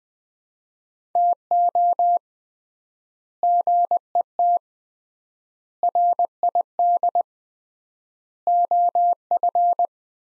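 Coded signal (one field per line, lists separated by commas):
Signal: Morse code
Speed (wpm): 20 wpm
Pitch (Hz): 700 Hz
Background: none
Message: TO GET RID OF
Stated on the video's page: Morse practice of four-word sets at 20 wpm with 3x word spacing, a Farnsworth-like method applied to words, for head-copying.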